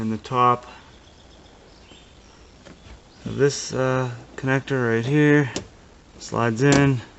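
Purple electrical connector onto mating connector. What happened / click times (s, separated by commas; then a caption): The connector is being handled but has not seated / none. A purple electrical connector on a 2014 Chevy Cruze Diesel DEF tank heater is slid down onto the top of its mating connector and pushed in, with faint handling noise between bursts of speech as someone talks. Nothing has seated or clicked yet.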